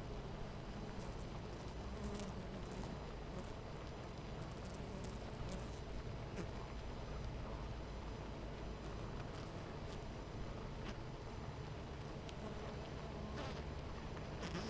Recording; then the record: honeybee colony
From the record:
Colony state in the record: missing queen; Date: 14 July 2017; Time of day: 10:09